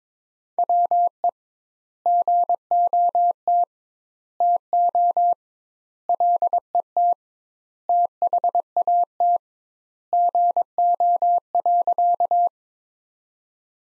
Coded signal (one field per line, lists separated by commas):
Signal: Morse code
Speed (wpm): 21 wpm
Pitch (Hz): 700 Hz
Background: none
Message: WE GOT TO LET THAT GO.